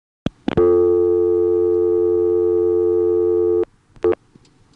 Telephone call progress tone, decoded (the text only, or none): dial tone